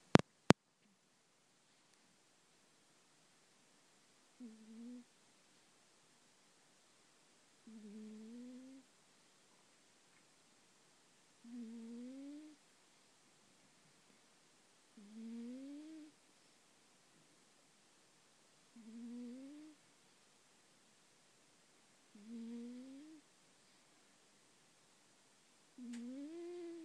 Rip the cat is snoring.